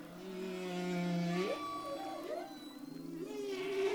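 Humpback whale song: sustained low moans that sweep sharply upward twice, followed by a steady tonal hum.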